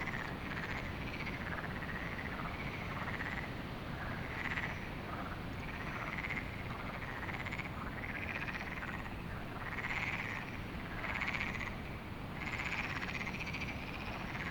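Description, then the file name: Frogs calling in a chorus, pulsing trilled notes that swell and fade every second or two, heard through steady rushing wind. Frogs at night at Lagoa do Canário in windy conditions; binaural recording. "Lagoado Canario frogs"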